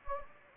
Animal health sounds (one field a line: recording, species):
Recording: mosquito wingbeat signal from an infrared sensor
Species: Anopheles gambiae